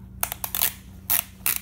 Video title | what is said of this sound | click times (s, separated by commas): How to FIX and REPLACE your Broken BOA Lace S2-S Dial on Specialized S-works Shoes | you hear that little snap | 0.2 s